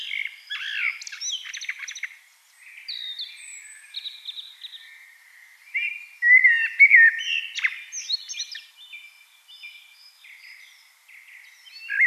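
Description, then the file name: Eurasian blackbird song: varied warbled and twittering phrases, loudest midway. "Turdus merula"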